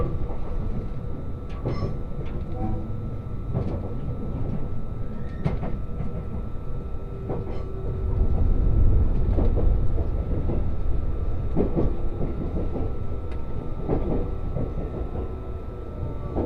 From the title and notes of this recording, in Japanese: 五能線リゾートしらかみ4号 鯵ヶ沢→深浦。リゾートしらかみ4号は鯵ヶ沢から日本海沿いに走っていきます。